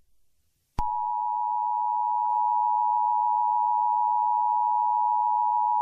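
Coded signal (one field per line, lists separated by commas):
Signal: Emergency Alert System (SAME) tones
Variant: 853 and 960 Hz attention tone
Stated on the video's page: Fictional EAS scenario with SAME tones about World War 3.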